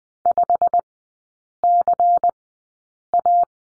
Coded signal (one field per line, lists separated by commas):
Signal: Morse code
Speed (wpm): 20 wpm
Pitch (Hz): 700 Hz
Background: none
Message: 5CA